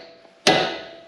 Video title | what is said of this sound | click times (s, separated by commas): 2005-2006 Tundra & Sequoia Ball Joints, CV axles | there you go now you know that we're in Spec | 0.5 s